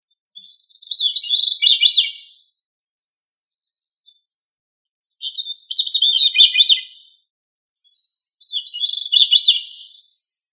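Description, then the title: Thrush song: four high warbled phrases of twisting, tumbling notes, separated by short pauses. "Familia Turdidae - Sabia"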